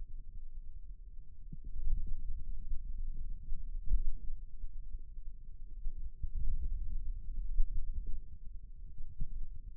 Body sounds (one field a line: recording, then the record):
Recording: forearm muscle sounds (acoustic myography)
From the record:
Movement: hand opening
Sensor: system 2, bracelet of six BSWA MPA416 microphones around the upper forearm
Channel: 4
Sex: male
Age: 22 years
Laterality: right